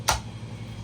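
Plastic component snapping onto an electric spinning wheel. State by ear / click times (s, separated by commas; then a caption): seated / 0.1 s. A plastic part is pressed onto an electric spinning wheel during assembly and snaps home with a single sharp click at 0.1 s. A steady low hum continues underneath for the rest of the clip, and the part is seated.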